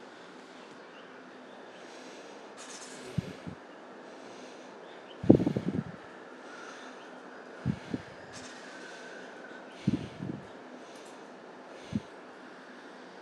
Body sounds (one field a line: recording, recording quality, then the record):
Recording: shallow breathing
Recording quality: excellent, no background noise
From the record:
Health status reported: healthy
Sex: male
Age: 47 years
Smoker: yes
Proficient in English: yes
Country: India